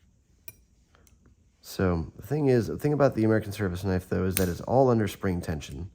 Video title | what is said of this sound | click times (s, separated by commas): Building an American Service Knife | So you heard that snap. That's one thing that can happen. | 0.5 s